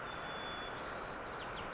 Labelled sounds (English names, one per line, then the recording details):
White-crowned Sparrow
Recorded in Sonoma County, California